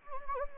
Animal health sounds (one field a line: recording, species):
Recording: mosquito wingbeat signal from an infrared sensor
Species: Anopheles gambiae